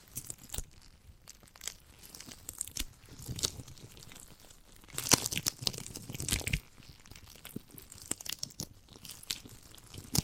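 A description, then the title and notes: Sticky tearing and chewing sounds of a giant gummy bear come in irregular bursts, with short wet crunches and crinkly pulls. The busiest, loudest stretch falls around the middle, from about four to six and a half seconds, with a sharp click near five seconds. ASMR of a Giant Gummy Bear (No Talking).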